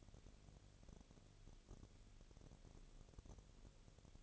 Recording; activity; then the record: daily activity, microphone in the room; no activity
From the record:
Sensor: 4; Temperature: 22.4 degrees Celsius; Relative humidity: 31.1%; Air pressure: 1004.1 hPa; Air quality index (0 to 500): 85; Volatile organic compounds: 1 ppm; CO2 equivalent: 765 ppm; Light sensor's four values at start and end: 2/3/1/1 and 2/3/1/1